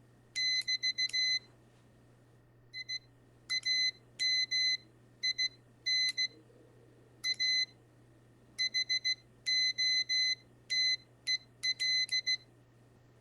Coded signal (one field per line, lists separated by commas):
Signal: Morse code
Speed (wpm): 16 wpm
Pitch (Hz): 2050 Hz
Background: none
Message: <BT> I AM IN A HOTEL